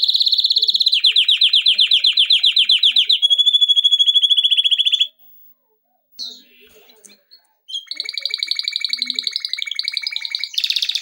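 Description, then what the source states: Canary singing rapid rolling trills that change tour every second or two, a brief silence midway, then more trills and a higher buzzy phrase. Canary song intended for training.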